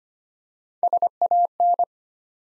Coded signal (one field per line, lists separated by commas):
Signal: Morse code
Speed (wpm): 25 wpm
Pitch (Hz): 700 Hz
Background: none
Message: SAN